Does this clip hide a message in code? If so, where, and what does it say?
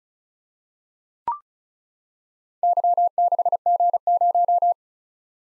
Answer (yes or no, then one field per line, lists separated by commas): yes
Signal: Morse code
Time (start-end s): 2.6-4.7 s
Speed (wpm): 36 wpm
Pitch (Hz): 700 Hz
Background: none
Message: Y6G0